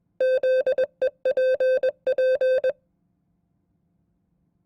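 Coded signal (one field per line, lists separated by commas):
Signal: Morse code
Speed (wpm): 21 wpm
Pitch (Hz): 520 Hz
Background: none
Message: ZEPP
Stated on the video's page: Morse code test at 20 WPM, representative of an FCC examiner's code test.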